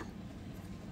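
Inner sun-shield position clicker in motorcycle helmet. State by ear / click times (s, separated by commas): not seated / none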